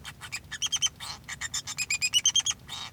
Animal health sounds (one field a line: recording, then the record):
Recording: song of a male Bengalese finch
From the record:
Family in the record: son of father 2